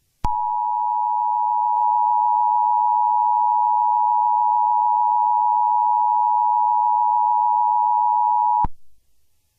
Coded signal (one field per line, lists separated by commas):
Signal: Emergency Alert System (SAME) tones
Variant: 853 and 960 Hz attention tone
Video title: LOUISIANA’S FIRST (EAS scenario) (VALID TONES)